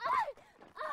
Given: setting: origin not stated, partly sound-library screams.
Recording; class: one-second piece from a danger detection set; woman in danger